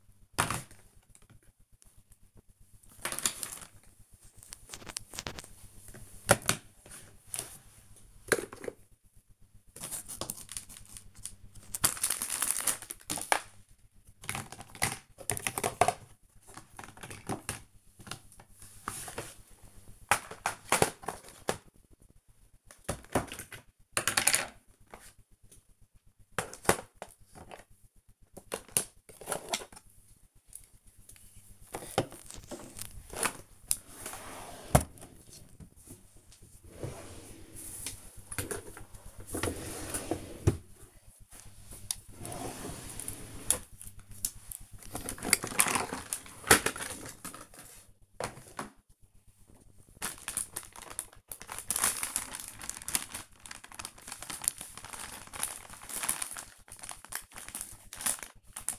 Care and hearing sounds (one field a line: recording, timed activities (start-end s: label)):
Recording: household activities, microphone on the right wrist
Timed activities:
0.00-54.29 s: tidy up the cupboard
56.31-58.79 s: tidy up the cupboard